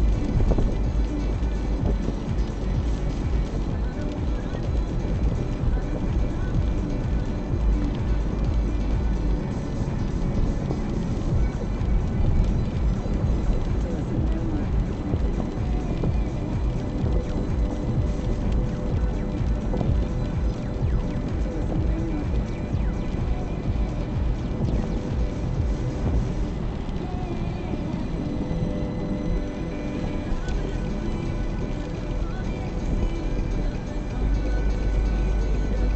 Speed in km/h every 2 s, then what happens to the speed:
52, 53, 53, 53, 53, 53, 52, 51, 49, 48, 49, 48, 48, 48, 46, 45, 43, 41.
0-26 steady at about 51. 26-36 slows to 41.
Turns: none.